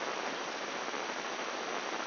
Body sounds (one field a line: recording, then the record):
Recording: brain microelectrode recording played as sound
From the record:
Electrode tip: inside the subthalamic nucleus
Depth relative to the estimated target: -3 mm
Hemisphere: left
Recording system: AlphaMap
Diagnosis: Parkinson's disease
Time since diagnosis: 10 years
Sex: male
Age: 58 years